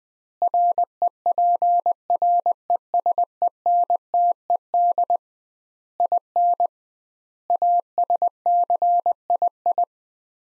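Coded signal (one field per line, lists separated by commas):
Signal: Morse code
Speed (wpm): 21 wpm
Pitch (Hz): 700 Hz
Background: none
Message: REPRESENTED IN ASCII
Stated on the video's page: Morse practice of five-word sets sent at 20 WPM with double word spacing, a word-level analogue of Farnsworth spacing, for head-copy training.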